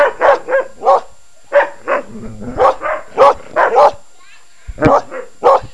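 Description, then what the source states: Dog barking in short, sharp yaps, in irregular bursts with brief pauses. A puppy.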